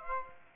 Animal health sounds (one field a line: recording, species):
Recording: mosquito wingbeat signal from an infrared sensor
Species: Aedes aegypti